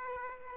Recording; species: mosquito wingbeat signal from an infrared sensor; Aedes aegypti